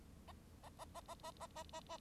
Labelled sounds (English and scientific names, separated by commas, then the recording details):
Bengalese Finch (Lonchura striata domestica) song
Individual Bird9